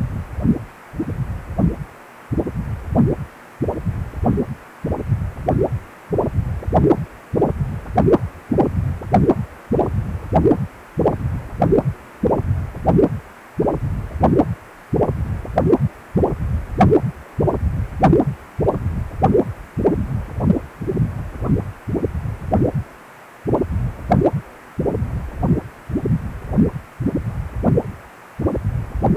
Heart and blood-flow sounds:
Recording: Doppler ultrasound of blood flow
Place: precordium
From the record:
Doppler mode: continuous wave and pulsed wave in the uncut recording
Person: healthy adult, 18 to 50 years, no heart murmur, not diving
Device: 2.5 MHz transducer

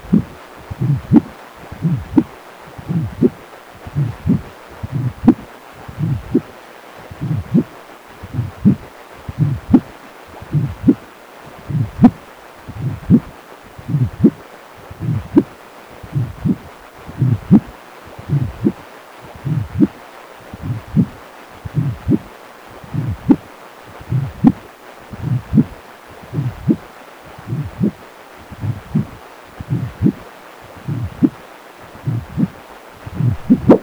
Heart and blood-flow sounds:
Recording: Doppler ultrasound of blood flow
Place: precordium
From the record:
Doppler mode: continuous wave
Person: healthy adult, 18 to 50 years, no heart murmur, not diving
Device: 2.5 MHz transducer

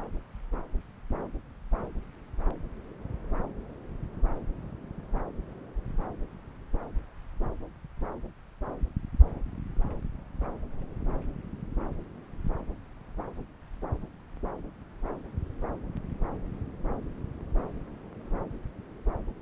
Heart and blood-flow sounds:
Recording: Doppler ultrasound of blood flow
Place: right subclavian vein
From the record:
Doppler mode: continuous wave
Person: adult scuba diver, at rest before a dive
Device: O'Dive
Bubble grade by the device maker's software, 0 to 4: 0

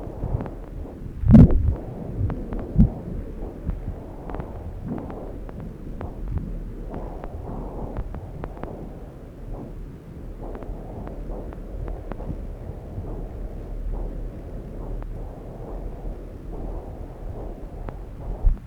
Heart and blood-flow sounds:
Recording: Doppler ultrasound of blood flow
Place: left subclavian vein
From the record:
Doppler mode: continuous wave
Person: adult scuba diver, at rest before a dive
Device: O'Dive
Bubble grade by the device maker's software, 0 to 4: 1

